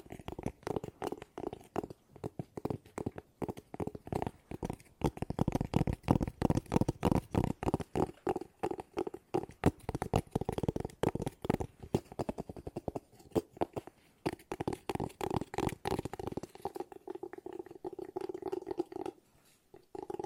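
Fast, dense tapping with a hollow low-mid tone runs the whole time, denser in the middle and briefly thinning near fourteen and nineteen seconds.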